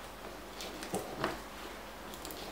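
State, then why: Not seated. A metal lid is being sealed onto a glass pickle jar with a hand-operated automatic sealing tool. Faint handling noises and a few short, light taps come through, the sharpest near 1.2 s and others around 0.8–1.0 s and 2.3 s. Nothing has seated or clicked yet.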